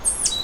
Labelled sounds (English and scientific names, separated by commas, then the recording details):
Stitchbird (Notiomystis cincta) song
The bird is a male
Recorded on Tiritiri Matangi Island, New Zealand, in 2005
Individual 1, of nest box 1